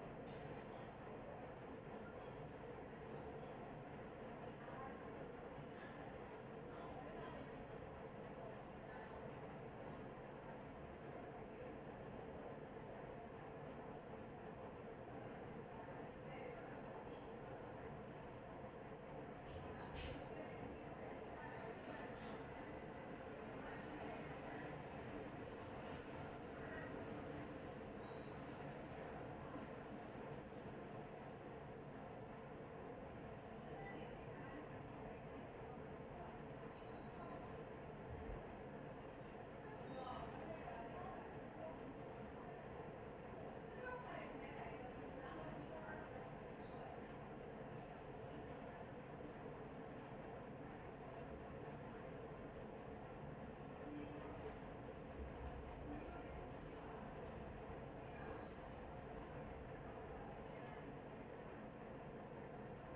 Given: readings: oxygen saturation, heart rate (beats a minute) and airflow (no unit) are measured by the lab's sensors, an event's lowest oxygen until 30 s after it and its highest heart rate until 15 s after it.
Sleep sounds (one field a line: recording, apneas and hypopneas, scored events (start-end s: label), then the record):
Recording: a person awake in a sleep study, by a smartphone at the bedside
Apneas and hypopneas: none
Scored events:
0.00-62.96 s: awake
0.00-62.96 s: awake
From the record:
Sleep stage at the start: awake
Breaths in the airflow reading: 22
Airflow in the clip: -0.6 to 0.7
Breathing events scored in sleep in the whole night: 263 in 5.5 hours asleep